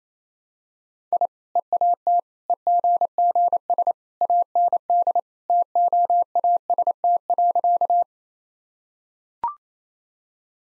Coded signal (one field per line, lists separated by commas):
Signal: Morse code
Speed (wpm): 28 wpm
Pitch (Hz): 700 Hz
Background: none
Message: I EAT EGGS AND TOAST.